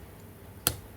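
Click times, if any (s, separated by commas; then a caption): 0.7 s. A pen pokes into the reset button of a luggage TSA combination lock set to its current code, to put it into code-setting mode. A single short, sharp click is heard at 0.7 s against a quiet background. The reset button clicks in, readying the lock for a new code.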